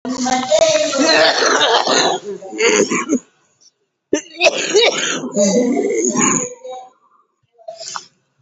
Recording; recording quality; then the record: heavy voluntary cough; moderate, slight background noise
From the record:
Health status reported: COVID-19 positive, moderate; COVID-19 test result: positive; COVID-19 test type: RT-PCR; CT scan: not taken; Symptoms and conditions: cough, breathing difficulty, fatigue, asthma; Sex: female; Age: 60 years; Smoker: no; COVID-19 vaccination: both doses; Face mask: not worn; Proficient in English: yes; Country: India